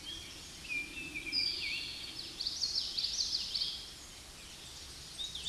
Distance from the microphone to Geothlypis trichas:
about 25 m